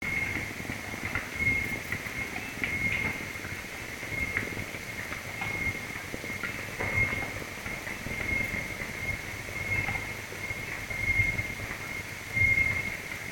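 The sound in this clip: Common noctule calls as irregular soft knocking plops and clicks over a steady high whine with short chirps.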